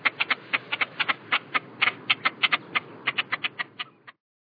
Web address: allan-kierulff Toppet-lappedykker